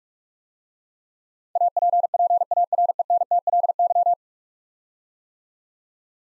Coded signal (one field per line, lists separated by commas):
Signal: Morse code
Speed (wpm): 46 wpm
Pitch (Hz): 700 Hz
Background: none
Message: APPARENTLY